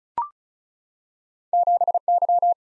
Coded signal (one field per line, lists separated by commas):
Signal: Morse code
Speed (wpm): 36 wpm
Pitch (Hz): 700 Hz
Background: none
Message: 7Y